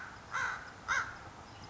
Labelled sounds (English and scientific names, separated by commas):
American Crow (Corvus brachyrhynchos)